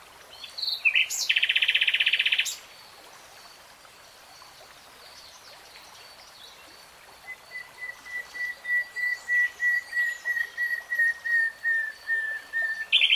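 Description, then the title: Nightingale song: a harsh buzzy burst, a pause, then a long series of loud, evenly repeated notes that slightly fall in pitch. Singing, in a 3-hour real-time recording. "[Tiếng chim hót] Nightingale Singing"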